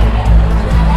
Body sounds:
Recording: background sound without coughing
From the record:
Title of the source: Party Noise 1 Hour Party Ambience

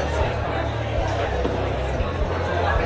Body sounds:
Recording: background sound without coughing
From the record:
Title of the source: CITY SOUNDS Busy Bar in the Evening Night - 2 HOURS of Ambiance for Relaxation

